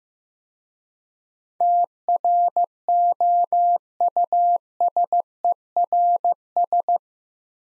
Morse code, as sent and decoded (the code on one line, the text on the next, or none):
- .-. --- ..- ... . .-. ...
TROUSERS